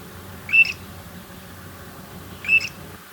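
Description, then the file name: Arabian grey shrike giving two brief, squeaky calls about two seconds apart, over steady low background noise. Recorded at Oshayqer, Saudi Arabia, on 5 February 2011. "Arabian Grey Shrike Oshayqer Saudi Arabia 05 02 2011 © Abdul Rahman Al-Sirhan"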